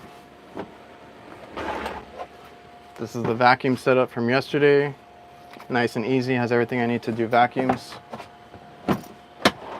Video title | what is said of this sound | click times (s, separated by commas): Live from the Van / New Setup | everything Clicks in place | 9.5 s